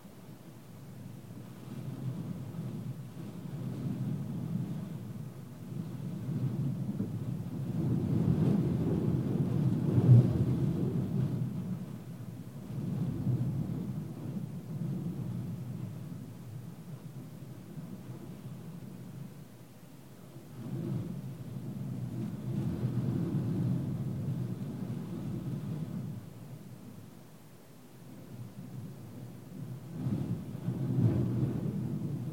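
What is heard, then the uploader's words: Rain on a parked car's roof comes through as a deep, muffled drumming inside the cabin. Gusts make it swell and ease in waves, loudest near ten seconds, again around twenty-two to twenty-five, and at the very end, with quieter stretches between. Rain On Car Roof. Rain showers and wind gusts recorded from a stationary car. Recorded with Sony PCM D100 in wide mode at 24bit 96kHz.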